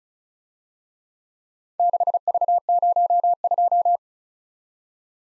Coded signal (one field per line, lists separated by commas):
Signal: Morse code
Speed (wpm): 33 wpm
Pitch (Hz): 700 Hz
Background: none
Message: 6V02